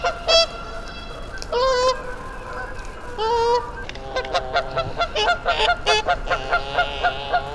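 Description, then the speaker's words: Goose calls, a few longer drawn honks, followed by a quick chorus of short overlapping honks from several geese. Geese on the frozen pond at Mud Pond nature refuge, Vermont; companions arrived from the south, then about 15 minutes of group calling before the geese flew on; parabolic microphone. "After about 15 minutes of goose conversation, they flew on to their destination"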